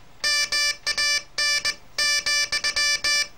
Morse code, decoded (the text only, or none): MAN,